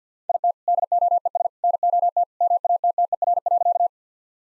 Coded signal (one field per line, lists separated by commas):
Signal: Morse code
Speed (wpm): 50 wpm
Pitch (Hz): 700 Hz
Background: none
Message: IT DOES NOT MATTER.